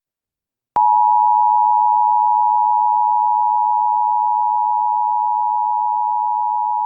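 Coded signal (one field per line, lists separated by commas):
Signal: Emergency Alert System (SAME) tones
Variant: 853 and 960 Hz attention tone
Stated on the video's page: Real EAS required monthly tests relayed by TV stations, captured from a satellite TV HD DVR receiver box.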